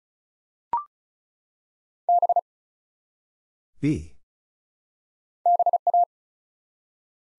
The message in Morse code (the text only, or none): B BA